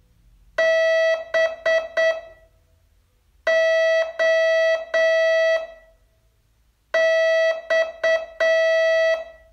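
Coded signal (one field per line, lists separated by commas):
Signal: Morse code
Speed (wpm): 8 wpm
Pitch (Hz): 650 Hz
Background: none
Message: BOX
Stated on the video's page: Morse code lesson test, day 32 of a 42-day course.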